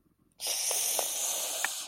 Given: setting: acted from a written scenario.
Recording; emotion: vocal sound without words; ecstasy